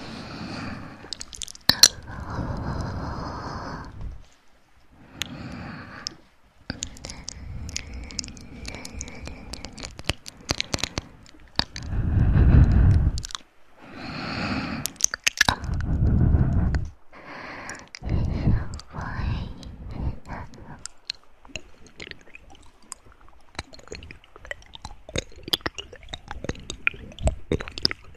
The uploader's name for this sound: play with your ears